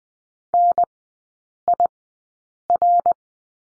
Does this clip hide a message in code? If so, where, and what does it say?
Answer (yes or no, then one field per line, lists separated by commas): yes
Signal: Morse code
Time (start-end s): 0.5-3.1 s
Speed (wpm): 20 wpm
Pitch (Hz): 700 Hz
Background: none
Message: NIR